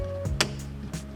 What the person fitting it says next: Ok. That snaps in.